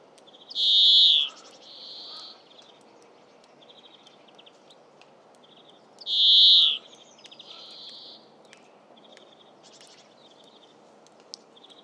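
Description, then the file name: European greenfinch giving two drawn-out, nasal wheezing notes several seconds apart, each followed by softer buzzy twitters, over a faint background hiss. "Chloris chloris"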